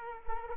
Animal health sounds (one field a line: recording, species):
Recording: mosquito wingbeat signal from an infrared sensor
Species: Culex quinquefasciatus